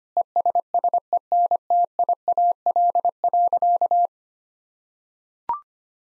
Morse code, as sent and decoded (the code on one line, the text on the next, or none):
. ... ... . -. - .. .- .-.. .-.-.-
ESSENTIAL.